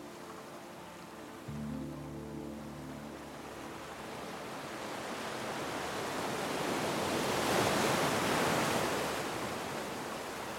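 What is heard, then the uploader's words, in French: Ocean waves wash in a steady hiss, swelling to a loud crest near eight seconds, while a low droning hum fades early on. Vagues apaisantes de l'océan.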